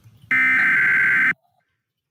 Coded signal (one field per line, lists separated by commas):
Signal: Emergency Alert System (SAME) tones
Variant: header bursts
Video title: EAS 101 Live Stream - How to make an EAS Mock